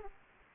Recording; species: mosquito wingbeat signal from an infrared sensor; Aedes aegypti